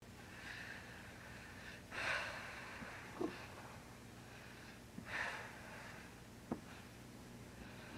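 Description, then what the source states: Cat breathing softly in sleep, with airy snorting breaths at about two and five seconds, a few small clicks, and a low steady hum underneath. Cat recorded while sleeping.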